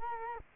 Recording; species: mosquito wingbeat signal from an infrared sensor; Culex quinquefasciatus